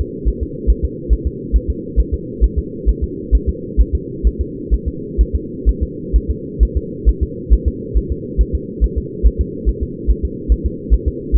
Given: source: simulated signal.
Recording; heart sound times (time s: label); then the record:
fetal heart sounds
0.01 s: S2
0.28 s: S1
0.43 s: S2
0.70 s: S1
0.84 s: S2
1.13 s: S1
1.27 s: S2
1.56 s: S1
1.70 s: S2
2.00 s: S1
2.14 s: S2
2.44 s: S1
2.58 s: S2
2.89 s: S1
3.03 s: S2
3.35 s: S1
3.49 s: S2
3.80 s: S1
3.95 s: S2
4.27 s: S1
4.41 s: S2
4.74 s: S1
4.88 s: S2
5.21 s: S1
5.35 s: S2
5.69 s: S1
5.83 s: S2
6.16 s: S1
6.30 s: S2
6.63 s: S1
6.77 s: S2
7.09 s: S1
7.23 s: S2
7.53 s: S1
7.68 s: S2
7.97 s: S1
8.12 s: S2
8.41 s: S1
8.55 s: S2
8.84 s: S1
8.98 s: S2
9.27 s: S1
9.41 s: S2
9.69 s: S1
9.83 s: S2
10.10 s: S1
10.25 s: S2
10.52 s: S1
10.66 s: S2
10.94 s: S1
11.08 s: S2
11.36 s: S1
From the record:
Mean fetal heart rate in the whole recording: 135 bpm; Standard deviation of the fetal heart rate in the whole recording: 3 bpm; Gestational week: 34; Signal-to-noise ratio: -4.1 dB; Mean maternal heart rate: no maternal heart sound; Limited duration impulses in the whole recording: absent